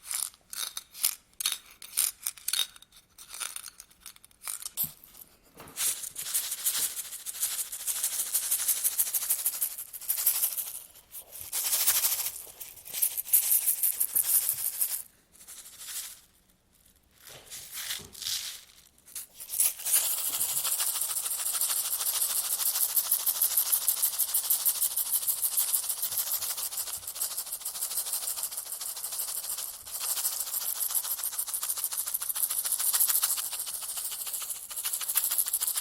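Shaking sounds, starting as quick bursts of bright, crisp rattling with short gaps between them. From about 20 seconds they merge into a steady, dense rustling shake that continues to the end with little change in loudness.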